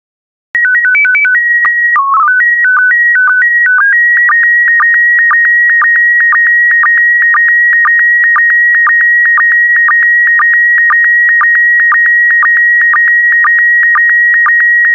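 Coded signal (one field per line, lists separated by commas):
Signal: SSTV (slow-scan television)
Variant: PD 120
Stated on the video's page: SSTV test images sent in PD120 format, a daily set of images for decoding practice.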